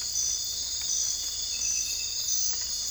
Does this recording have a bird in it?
no